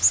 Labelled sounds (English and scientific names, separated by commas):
Blue-winged Warbler (Vermivora cyanoptera) flight call